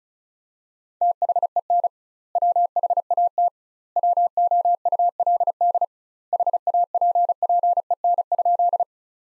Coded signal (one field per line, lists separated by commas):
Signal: Morse code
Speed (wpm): 34 wpm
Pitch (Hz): 700 Hz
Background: none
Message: THEN WHAT WOULD HAPPEN?